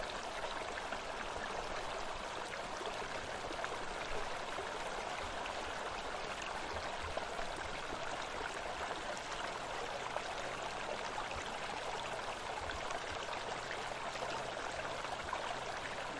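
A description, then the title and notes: A forest creek runs steadily, its water rushing and trickling in a dense, unbroken wash that stays at an even level throughout. The sound is fairly bright, with a faint low hum sitting underneath the flow. Forest Creek Sounds.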